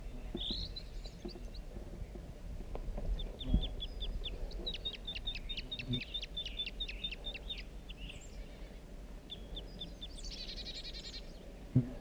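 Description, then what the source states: Crossbill song, a fast run of short chipping notes repeated in a rattling series, then a denser twittering burst near the end, over steady low background noise. Song of a wild male in a Table Mountain pine.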